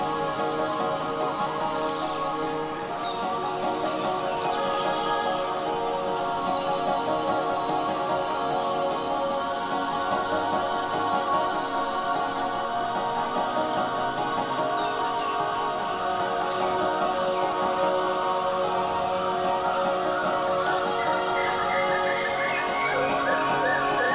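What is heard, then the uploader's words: A jungle scene, thick and unbroken for the whole stretch, with many steady tones layered through the low and middle range like a sustained drone. Faint chirps and bird calls flicker high above it, and a brighter run of chirping rises toward the end. A Musical Day in the Jungle.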